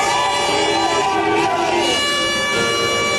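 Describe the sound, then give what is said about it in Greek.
A loud, dense protest crowd at Syntagma on Amalias Avenue in front of the Greek Parliament, with dozens of tractors, roars continuously while several sustained horns blare steady tones over it, with a jumble of voices chanting and shouting and applause throughout. “Κόρνες, σημαίες, βεγγαλικά, συνθήματα και χειροκροτήματα.”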